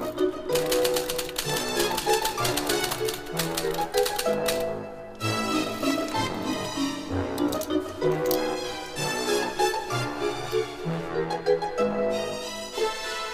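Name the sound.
typewriter typing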